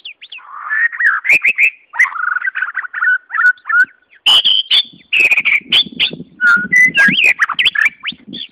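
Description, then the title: White-rumped Shama song, a continuous flow of fluty whistles and warbled notes interspersed with clicking ticks, shifting pitch between phrases, with brief gaps. "murai batu"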